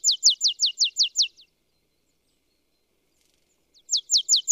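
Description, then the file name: Marsh tit calling in rapid runs of bright, high notes: one run of about seven notes, a pause, then another run starting. "Poecile palustris"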